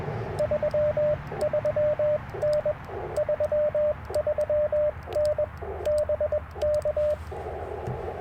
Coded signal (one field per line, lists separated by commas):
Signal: Morse code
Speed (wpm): 21 wpm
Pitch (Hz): 600 Hz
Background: radio noise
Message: 33N 33N BK